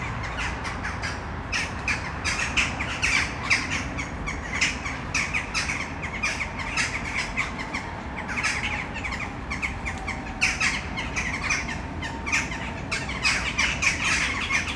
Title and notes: Malinovského nám. 571/1, 602 00 Brno-střed-Brno-město, Česko - Western jackdaws at sunset. A tree full of jackdaws in the city center of Brno